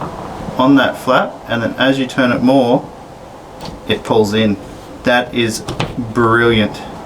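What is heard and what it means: Someone talks while turning the turn-hinge latch on an Emu Wing ute canopy door, which goes on a GQ Shorty, and as it turns further it pulls the door in against its seal. The door is handled but not yet home: nothing has seated or locked yet.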